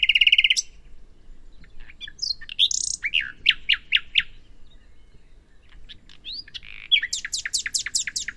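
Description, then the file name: Common nightingale song: varied phrases with a rapid trill, loud whistled notes repeated several times, a pause, then a fast high stuttering series. "Luscinia megarhynchos"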